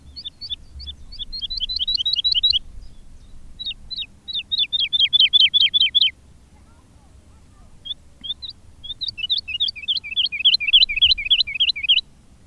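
Woodlark song, three phrases of rapid repeated fluty descending notes, each run lasting two to three seconds with pauses between.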